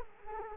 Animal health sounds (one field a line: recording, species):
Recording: mosquito wingbeat signal from an infrared sensor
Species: Culex quinquefasciatus